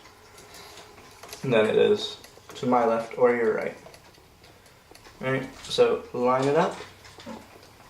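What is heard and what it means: A desktop RAM module is handled and lined up with the notch of a motherboard memory slot while someone talks, with a few faint ticks and taps of handling. The clip ends before the module is pushed down, so nothing has seated or clicked yet.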